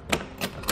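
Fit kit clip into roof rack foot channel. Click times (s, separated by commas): 0.1 s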